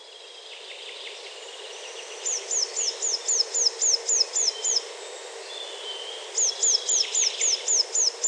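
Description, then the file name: Eurasian blue tit song: two bursts of high, quick, descending notes, about four per second, with softer chirps in the background. "Cyanistes caeruleus"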